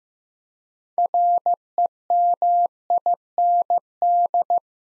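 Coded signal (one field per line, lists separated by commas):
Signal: Morse code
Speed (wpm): 15 wpm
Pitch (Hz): 700 Hz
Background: none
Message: REMIND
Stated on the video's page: Practice drill of 6-letter words at 15 wpm; first letters spoken, word sent in Morse, spoken, then sent again.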